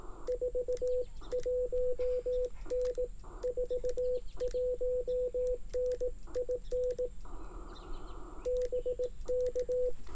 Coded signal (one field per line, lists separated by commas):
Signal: Morse code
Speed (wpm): 18 wpm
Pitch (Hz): 500 Hz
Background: radio noise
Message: 41N 41N IN BK